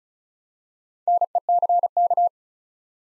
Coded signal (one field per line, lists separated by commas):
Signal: Morse code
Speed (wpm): 36 wpm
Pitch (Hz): 700 Hz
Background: none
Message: NECK